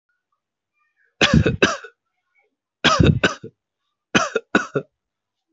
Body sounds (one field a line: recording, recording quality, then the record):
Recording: heavy voluntary cough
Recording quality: excellent, no background noise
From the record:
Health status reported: healthy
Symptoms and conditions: none ticked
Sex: male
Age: 24 years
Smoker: not ticked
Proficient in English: yes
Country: India